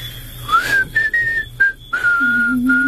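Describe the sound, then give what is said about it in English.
Someone whistles a tune: a rising first note, then several sustained, fairly high notes separated by short breaks, with a lower steady tone joining in toward the end. “Will you show me how to do that? What, whistle?”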